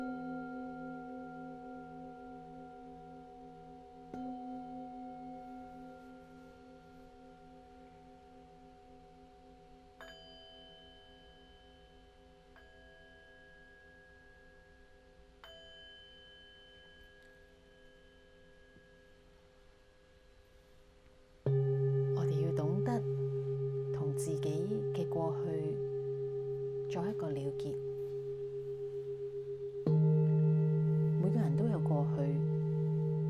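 Singing bowls ring with long, slowly fading tones, struck again around 4, 10 and 15 seconds with soft added chimes. At about 21 seconds a louder, lower bowl rings out, and a second loud strike near 30 seconds brings a swelling, wavering hum.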